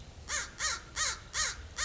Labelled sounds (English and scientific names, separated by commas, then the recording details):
Acorn Woodpecker (Melanerpes formicivorus)
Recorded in Sonoma County, California